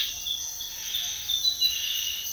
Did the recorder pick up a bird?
no